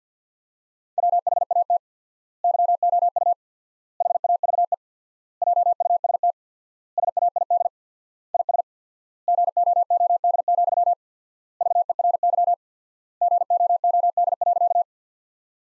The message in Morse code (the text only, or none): WHAT YOU HAVE JUST SAID IS GOOD, VERY GOOD.